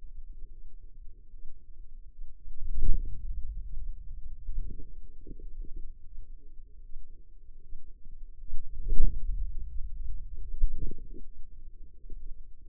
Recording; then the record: forearm muscle sounds (acoustic myography)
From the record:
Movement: hand closing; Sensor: system 2, bracelet of six BSWA MPA416 microphones around the upper forearm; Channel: 2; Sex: female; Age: 25 years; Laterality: right